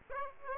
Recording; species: mosquito wingbeat signal from an infrared sensor; Aedes aegypti